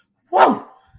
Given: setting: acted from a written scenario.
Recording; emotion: vocal sound without words; elation